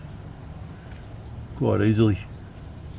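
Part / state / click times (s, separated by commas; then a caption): crankshaft position sensor into engine block / not seated / none. A crankshaft position sensor is being handled for pressing into the engine block of a 2008 VE SS V Commodore Ute with a slight twist. Someone talks briefly around 1.6 to 2.2 seconds over a low, steady background hum. The clip ends before the sensor goes home, so nothing has seated or clicked yet.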